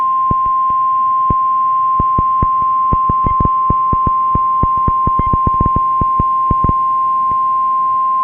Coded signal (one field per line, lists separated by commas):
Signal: Emergency Alert System (SAME) tones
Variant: 1050 Hz attention tone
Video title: Severe Thunderstorm Warning (4/23/26) [EAS #405]